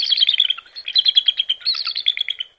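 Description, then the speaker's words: Bald eagle calling: a thin, chattering series of high piping notes, rapidly repeated in three bursts, sounding weak and twittery rather than fierce. Genuine bald eagle call, which does not sound all that ferocious or majestic. "Truthfully, or truthily, a bald eagle doesn't sound all that ferocious or majestic. Here's how it really sounds."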